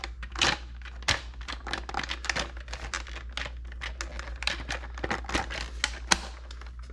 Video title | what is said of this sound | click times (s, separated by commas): Dont be so quick to throw out a dyson vacum-Could be an EASY FIX-check this first. | you go you heard the snap close the top part because usually with these you have to close the top part then | 5.8 s, 6.1 s